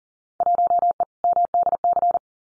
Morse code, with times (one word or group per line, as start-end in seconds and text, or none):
0.4-1.0 1E
1.2-2.2 MDC